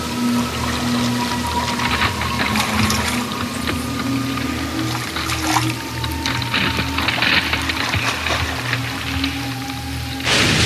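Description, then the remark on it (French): Water drips from melting icebergs under a hot sun in scattered, irregular drops and splashes, heard over a steady watery wash and a low droning hum that continues throughout. “Quelque chose goûte. Ça n'a pas l'air d'être de la pluie.”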